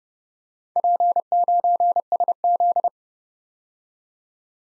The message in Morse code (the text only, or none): P9SZ